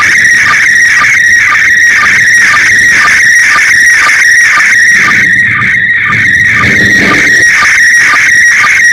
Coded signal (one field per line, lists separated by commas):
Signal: SSTV (slow-scan television)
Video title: รับสัญญาณ ARISS SSTV ริมหาดบางแสน by E25CHP